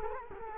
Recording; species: mosquito wingbeat signal from an infrared sensor; Culex quinquefasciatus